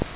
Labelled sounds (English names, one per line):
Grace's Warbler flight call